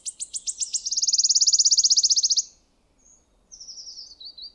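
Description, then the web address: Wood warbler song: a run of high ticking notes quickening into a shimmering, dry trill lasting over a second, followed by faint thin high notes. "geluiden fluiter zang"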